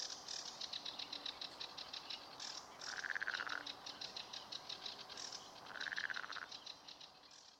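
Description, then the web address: Marsh frog calls: two rattling pulsed bursts stand out over steady, fainter rapid clicking throughout. Recorded in Turku, Finland, on 31 May 2009 at 23:11. "hlehto aania sammakko molysammakko turku B 23 h 11 m 45 s 31 may 2009"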